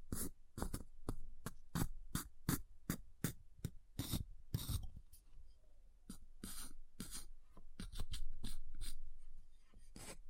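Ice is tapped and scratched in quick, regular strokes, a steady run of sharp bright hits that pauses briefly around five seconds before resuming.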